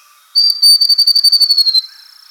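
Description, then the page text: Grey-throated babbler song: a high thin note, then a fast, slightly falling trill of many pulses, with faint pulsing afterwards. "Grey-Throated Babbler Song. Quick Sounds"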